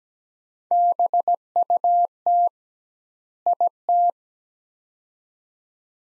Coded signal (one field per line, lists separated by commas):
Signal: Morse code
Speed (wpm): 17 wpm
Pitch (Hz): 700 Hz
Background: none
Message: BUT IT